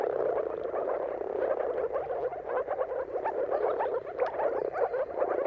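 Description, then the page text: Moor frogs calling in a dense chorus, soft bubbling notes overlapping continuously with no pauses. Mating chorus of many moor frogs at sunrise, turn of March and April, timing depending on the weather. "Dawn’s Chorus: Mating Calls of Marsh Frogs at Sunrise. Depending on the weather at the turn of March and April, you can witness an amazing spectacle of moor frogs. Jakub Orzecki. earth.fm"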